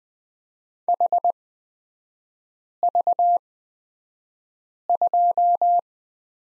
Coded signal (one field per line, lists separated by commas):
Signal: Morse code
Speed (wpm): 20 wpm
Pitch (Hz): 700 Hz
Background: none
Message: HV2